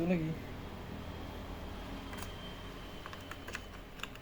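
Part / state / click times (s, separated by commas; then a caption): component retaining clip on a computer mainboard / seated / 4.0 s. A component's second retaining clip on a computer mainboard is pressed down, with someone talking briefly at the start. A few small clicks and taps follow, then the second clip snaps into place with a sharp click at 4.0 s, and the component is seated.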